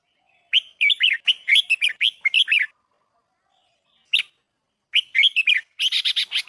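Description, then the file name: Red-whiskered bulbul giving a long run of rapid, rolling chirps, a lone note after a pause, then a quicker phrase ending in scratchy, buzzy notes. Thai red-whiskered bulbul; song style called giọng kép (double voice). "tieng chao mao thai lan hot giong kep"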